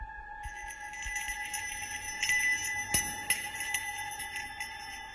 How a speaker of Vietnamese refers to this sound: Cái chuông ở trên quan tài tự nhiên chẳng có ai động vào mà đổ cành ra. Rồi sau đó cứ rung lên leng ca leng keng.